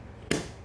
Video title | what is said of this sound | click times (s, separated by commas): Ceenr PDNation Battery vs Name Brands – Can It Compete? | Kind of makes a little click | 0.3 s